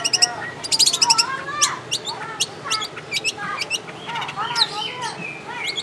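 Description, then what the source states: Long-tailed shrike song, a varied jumble of quick chirps, slurred whistles and sharp notes. Long-tailed shrike (cendet/pentet) in the tembakan song style, used to train caged birds.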